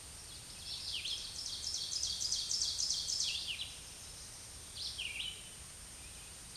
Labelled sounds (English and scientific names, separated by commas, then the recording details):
Ovenbird (Seiurus aurocapilla) song
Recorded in a Pennsylvania forest on 16 May 2024 at 07:54
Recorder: AudioMoth, point MSD-2083
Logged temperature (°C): 16.7 °C
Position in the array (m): 145 m, -8 m